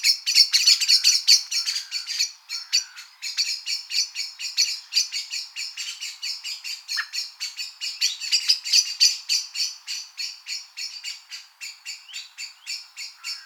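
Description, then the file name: Common blackbird giving a rapid, loud series of hard chinking notes, several per second, running almost unbroken for the whole stretch. "Turdus merula"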